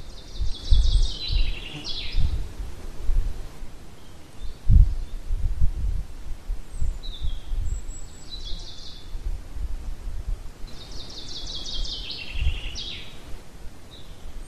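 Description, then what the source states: Birdsong with fast high trilled phrases, thin whistles between them, and intermittent low thumps and rumble throughout. Pine forest at Ardenno.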